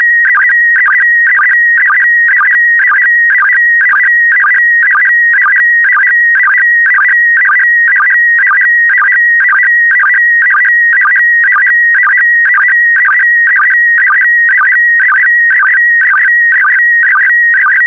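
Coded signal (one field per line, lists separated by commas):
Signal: SSTV (slow-scan television)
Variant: PD120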